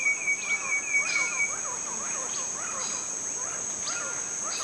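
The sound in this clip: Bird calls, quick chirping notes in bursts, some slurred and some flat, set against a constant high-pitched insect-like drone.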